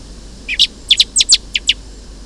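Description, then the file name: Eurasian blackbird uttering a rapid string of hard, high chinking notes, about eight in pairs, clear over a quiet backdrop. "Turdus merula"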